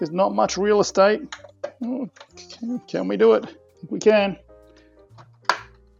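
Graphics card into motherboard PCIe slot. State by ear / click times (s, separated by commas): seated / 5.5 s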